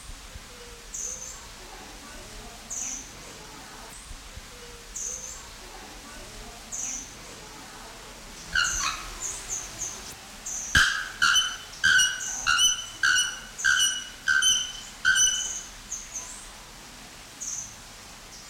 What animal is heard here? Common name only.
Bare-throated Bellbird